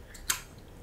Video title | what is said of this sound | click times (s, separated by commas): Hori-Zone Sirius - Présentation et tuto de l'arbalète milieu de gamme de chez Hori-Zone ! | Voilà, j'entends le clic. L'arbalette est correctement armée. | 0.3 s